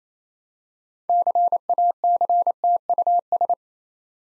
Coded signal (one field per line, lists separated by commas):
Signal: Morse code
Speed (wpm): 27 wpm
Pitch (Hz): 700 Hz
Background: none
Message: CACTUS